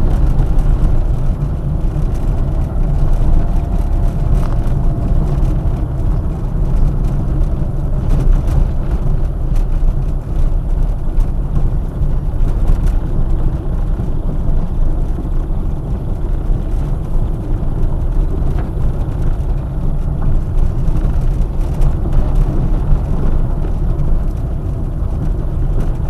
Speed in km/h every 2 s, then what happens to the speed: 28, 28, 27, 24, 25, 23, 18, 18, 20, 22, 24, 24, 21.
0-9 steady at about 27. 9-13 slows to 18. 13-20 speeds up to 24. 20-26 steady at about 24.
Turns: 2-9, 9-16.